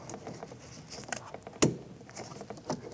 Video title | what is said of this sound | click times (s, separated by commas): How to Replace Rear Exterior Door Handles 2016-2025 Chevrolet Malibu | You hear it pop up into that up position. | 1.6 s